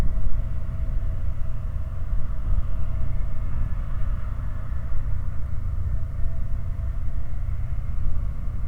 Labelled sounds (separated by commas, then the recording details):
machinery, flare stack
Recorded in the Prudhoe Bay oil fields, Alaska, on 16 August 2019 at 00:32
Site 29